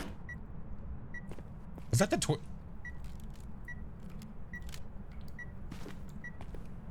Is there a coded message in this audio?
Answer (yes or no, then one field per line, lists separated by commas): no